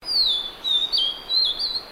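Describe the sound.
Vivid niltava giving high, thin whistled notes, a descending slur followed by several wavering phrases within two seconds, clear against a quiet background.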